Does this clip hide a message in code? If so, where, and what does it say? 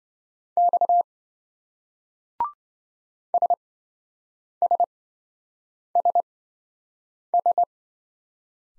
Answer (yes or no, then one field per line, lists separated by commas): yes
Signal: Morse code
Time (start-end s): 0.6-7.6 s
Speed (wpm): 26 wpm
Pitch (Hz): 700 Hz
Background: none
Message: X SSSS